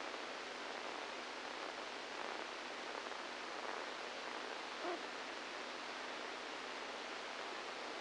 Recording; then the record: brain microelectrode recording played as sound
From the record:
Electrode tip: inside the subthalamic nucleus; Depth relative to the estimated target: -1 mm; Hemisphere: right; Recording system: NeuroSet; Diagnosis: Parkinson's disease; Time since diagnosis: 7 years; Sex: male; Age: 69 years